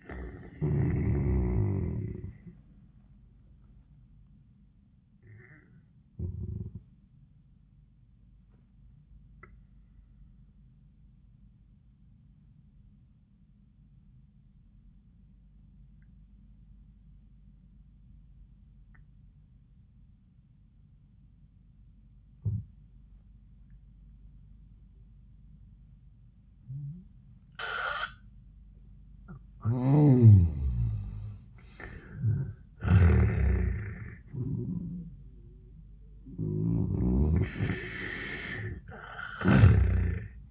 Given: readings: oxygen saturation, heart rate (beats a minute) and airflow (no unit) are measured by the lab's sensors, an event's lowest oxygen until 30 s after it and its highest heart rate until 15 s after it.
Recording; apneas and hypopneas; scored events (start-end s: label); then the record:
breathing in sleep by a smartphone at the bedside; 1
6.00-28.50 s: obstructive apnea (N1, oxygen 97% highest, then 74% lowest, heart rate 89 at the start, 93 highest)
16.00-40.51 s: new sleep stage, N2 (light sleep)
From the record:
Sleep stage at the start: N1 (lightest sleep); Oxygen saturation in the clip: 77 to 97%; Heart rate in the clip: 77 to 93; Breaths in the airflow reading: 4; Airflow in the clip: -29.6 to 28.3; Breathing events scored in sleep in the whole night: 400 in 8.7 hours asleep